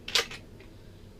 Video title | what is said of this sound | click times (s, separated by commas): Best kydex Sheath- D. T. Grizzly cpm3v/JX3 Piggyback/Baldric Rig- Yellow Hawk Customs rigs w options | unless you really yank it out there okay so got a great little click to it | 0.1 s